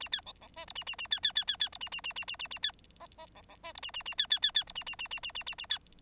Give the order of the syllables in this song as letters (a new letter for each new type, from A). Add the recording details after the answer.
A B C C D E A A A B B B B B E A A A A A A A B F F C C D E A A A B B B B E A A A A A A A A B. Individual Bird9